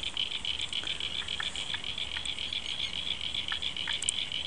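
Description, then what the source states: Frogs in chorus: a rapid, even, high-pitched pulsing drone with a few separate clicks and chirps standing out above it. After rain, February 2011.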